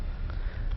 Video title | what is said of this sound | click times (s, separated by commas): Mini Dental Implants - Upper and Lower Denture Stabilization AM Buffalo Shatkin F.I.R.S.T. | Yeah, you can actually hear the snap, right? | 0.3 s